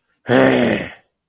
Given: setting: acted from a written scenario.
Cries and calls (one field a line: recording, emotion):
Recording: vocal sound without words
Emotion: anger